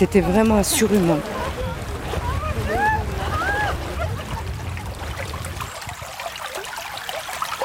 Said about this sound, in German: Er plätschert ungefährlich dahin, der Bach am Treffpunkt in Champs-Secrets, 100 Kilometer landeinwärts.